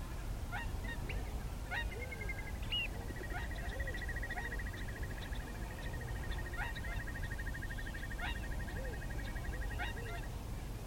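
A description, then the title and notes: Wild birds call outdoors over a steady low rumble of wind. A fast, even bubbling trill runs from about two and a half seconds almost to the end, while sharp bright calls repeat throughout and soft, low crooning notes rise and fall every second or two. West Iceland - Sketches in Spring. Packed a little travel rig so managed to press record on a number of occasions in and around walking, driving and generally exploring the Snaefellsnes peninsula.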